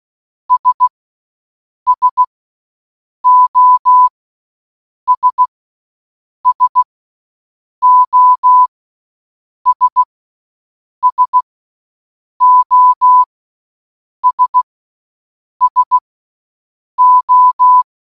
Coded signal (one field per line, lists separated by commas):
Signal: Morse code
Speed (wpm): 16 wpm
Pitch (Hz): 1000 Hz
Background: none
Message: S SOS SOS SOS SO